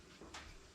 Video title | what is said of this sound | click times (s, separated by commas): Bosch 1587 Jigsaw- After All These Years, Its Still My Favorite & There's Something You May Not Know | just go a few more until you get in position and lock it | 0.4 s